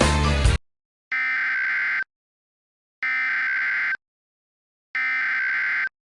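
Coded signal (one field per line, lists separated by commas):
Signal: Emergency Alert System (SAME) tones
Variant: header bursts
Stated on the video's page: Fictional EAS scenario; the alert is simulated.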